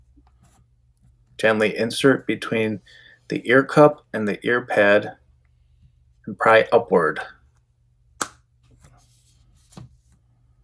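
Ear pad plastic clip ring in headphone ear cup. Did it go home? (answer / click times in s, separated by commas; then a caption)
released / 8.2 s. Someone talks while a separator tool is inserted between the ear cup and the ear pad of a pair of Sony WH-1000XM3 wireless headphones and pried upward, lifting the plastic ear pad ring. At 8.2 s a single sharp click is heard as the small plastic clips let go. The ear pad is released from the ear cup.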